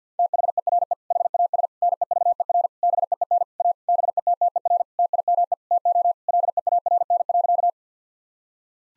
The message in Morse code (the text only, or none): THERE HAS NEVER BEEN A BETTER TIME TO LEARN.